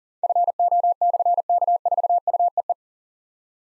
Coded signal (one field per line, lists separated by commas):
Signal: Morse code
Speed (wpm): 42 wpm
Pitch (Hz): 700 Hz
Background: none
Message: FO/K4UEE